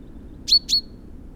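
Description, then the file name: Common chaffinch calls: two sharp, high 'pink' notes in quick succession, each dropping briefly before leveling off, over a quiet low background hum. "Fringilla coelebs"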